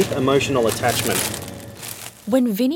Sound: crinkling of package